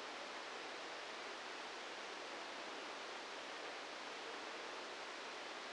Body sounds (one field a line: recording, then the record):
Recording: brain microelectrode recording played as sound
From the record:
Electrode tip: outside the subthalamic nucleus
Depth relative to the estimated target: 2 mm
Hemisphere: right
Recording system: NeuroSet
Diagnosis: Parkinson's disease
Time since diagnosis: 13 years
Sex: male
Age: 65 years